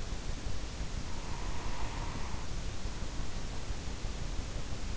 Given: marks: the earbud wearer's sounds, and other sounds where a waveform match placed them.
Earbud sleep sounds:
sounds in sleep by an in-ear microphone; breath
1.02-3.59 s: breath

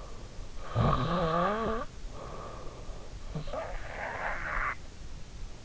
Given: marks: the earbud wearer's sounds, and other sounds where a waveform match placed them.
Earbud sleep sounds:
sounds in sleep by an in-ear microphone; snoring breath
0.33-2.50 s: snoring breath
3.36-5.64 s: snoring breath

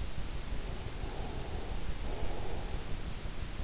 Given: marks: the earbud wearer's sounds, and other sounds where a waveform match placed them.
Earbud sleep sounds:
sounds in sleep by an in-ear microphone; breath
0.11-3.54 s: breath

